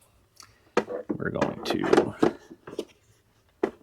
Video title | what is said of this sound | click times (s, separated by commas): Golden Carry On Power Wheelchair Review: Compact Power with Ultimate Portability! | make sure that that locks in place | 0.8 s